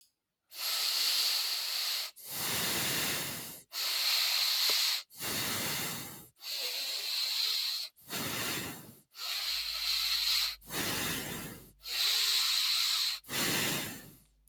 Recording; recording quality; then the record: deep breathing; excellent, no background noise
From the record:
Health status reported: healthy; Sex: male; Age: 41 years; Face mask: not worn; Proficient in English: yes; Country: India